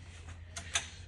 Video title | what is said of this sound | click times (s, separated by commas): How to Use the EZee Life HL170 Shower Commode: Features & Transfer Tips | and it locks into place. | 0.6 s, 0.8 s